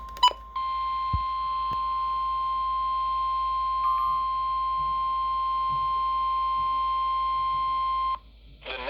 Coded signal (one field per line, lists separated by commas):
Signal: Emergency Alert System (SAME) tones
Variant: 1050 Hz attention tone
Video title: EAS #16 Severe Thunderstorm Warning Issued on WXM51 | May 31st, 2024